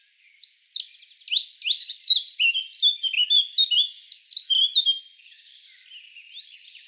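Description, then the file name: Eurasian blackcap giving a loud, rich warble of quick, mostly descending whistled notes, then trailing off into soft, faint twitters. "Sylvia atricapilla"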